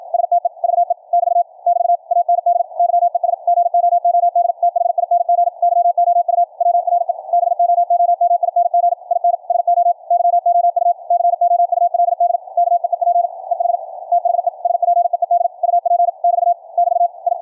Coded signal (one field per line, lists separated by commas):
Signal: Morse code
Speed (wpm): 53 wpm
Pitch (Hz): 700 Hz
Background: none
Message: STEVE <BT> <BT> AND YES GOOD THING YOU WRE BOOMING IN SO YOU COULD KEEP EH THE SPEED UP <BT> <BT> I